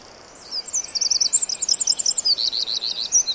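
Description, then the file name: Eurasian wren singing a rapid cascade of high, ringing trilled notes that shift pitch and pattern, lasting around three seconds. "Troglodytes troglodytes"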